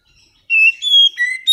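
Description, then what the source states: Oriental magpie-robin giving a brief run of a few clear, steady whistled notes at different pitches, ending in a sharp click. Kacer audio used as a lure to prompt a bird that has stopped singing, and as a master training song for kacer birds.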